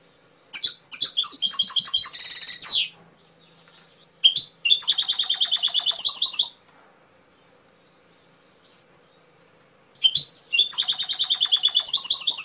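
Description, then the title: Canary song with rapid trilled phrases and a buzzy roll, followed by two further bursts of steady fast trills after pauses. Canary training (masteran) song with full fill-in phrases (isian). "mster Mnuk. Masteran Kenari Full Isian"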